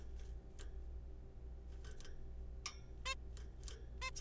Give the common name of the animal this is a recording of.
Zebra Finch